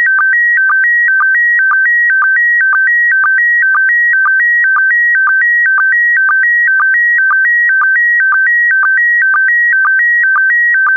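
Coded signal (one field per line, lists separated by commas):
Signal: SSTV (slow-scan television)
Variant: PD120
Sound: steady warbling tone alternating two pitches, short low blip about twice a second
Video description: When ready, un-pause this video and start to decode * this is a 2 minutes test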